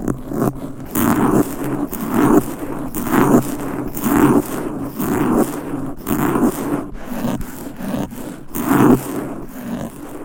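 Fast, aggressive scratching of mic covers with nails, a dense rasping scrape that repeats in quick strokes about every second. Each stroke swells bright and gritty, then dips briefly, with a low rumbling rub underneath throughout.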